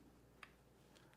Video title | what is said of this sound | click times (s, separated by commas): Official Quick Connect Release | when that piece drops down you're locked on it's locked into place it won't go anywhere | 0.4 s